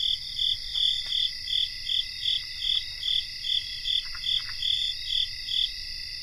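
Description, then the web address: Crickets trilling together, with a loud chirp repeating regularly about two to three times a second before fading near the end. Cricket chorus, North America. "Nature Songs N America Songs of Insects Cricket chorus"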